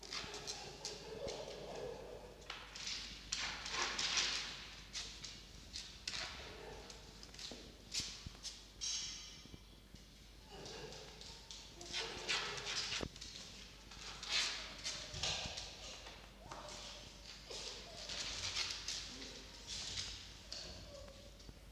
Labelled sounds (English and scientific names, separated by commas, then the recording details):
Red Fox (Vulpes vulpes)
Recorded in captivity
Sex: diverse
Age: diverse
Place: Zoologisches Institut der HUB, Berlin, DE
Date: 1953-07-31 18:55
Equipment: Elmetra
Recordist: Tembrock, Günter
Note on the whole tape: Molly (auf 5, sich vor Jupp wälzend): Winsellaute; Jupp: Muffen mit Fleisch